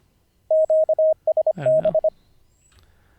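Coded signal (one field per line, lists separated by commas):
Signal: Morse code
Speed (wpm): 25 wpm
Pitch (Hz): 630 Hz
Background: radio noise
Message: QSB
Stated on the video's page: Daily ten-minute Morse code learning practice, live-streamed, day 45 of 90.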